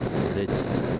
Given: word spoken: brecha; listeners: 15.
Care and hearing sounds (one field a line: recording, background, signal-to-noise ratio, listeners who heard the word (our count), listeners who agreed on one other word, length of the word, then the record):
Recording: one Spanish word in noise, from a listening test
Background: noise modulated by three-talker babble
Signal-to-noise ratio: -6.6 dB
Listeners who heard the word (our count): 1 of 15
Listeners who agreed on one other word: 7 of 15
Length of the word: 0.60 s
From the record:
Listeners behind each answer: 7, 3, 2, 1, 1, 1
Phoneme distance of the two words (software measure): 20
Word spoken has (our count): 2 syllables, 5 phonemes, stress on syllable 1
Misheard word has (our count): 2 syllables, 5 phonemes, stress on syllable 1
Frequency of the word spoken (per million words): 7.65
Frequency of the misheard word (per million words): 7.08